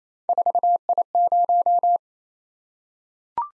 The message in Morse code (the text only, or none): 4I0